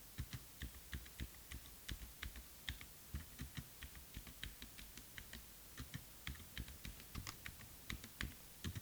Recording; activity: daily activity, guitar pickup as the sensor; type